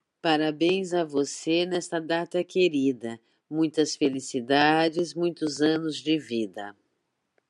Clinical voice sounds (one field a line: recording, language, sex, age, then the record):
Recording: short text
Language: Brazilian Portuguese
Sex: female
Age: 50 to 59 years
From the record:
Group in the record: control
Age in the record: 56 years